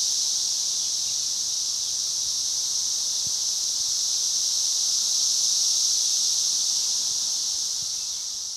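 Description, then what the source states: Cicadas buzz in a thick, even high drone that swells slightly and then eases toward the end. Multiple cicadas.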